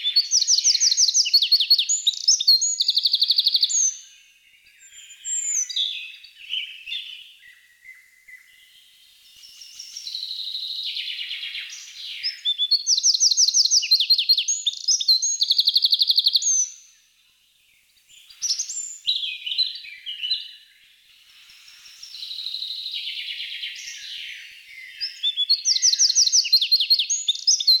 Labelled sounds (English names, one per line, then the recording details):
Eurasian Wren song
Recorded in the wild
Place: Oberrotweil am Kaiserstuhl, Baden-Württemberg, DE
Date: 1982-06-17
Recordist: Schwarz, Dieter
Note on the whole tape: Song